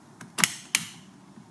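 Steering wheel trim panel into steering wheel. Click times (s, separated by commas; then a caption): 0.4 s, 0.7 s. A Camaro steering wheel trim panel is pushed back into the steering wheel after the rev match paddle switches are installed. A faint tick comes first, then two sharp, loud snaps at 0.4 and 0.8 seconds. The trim snaps into place and is seated.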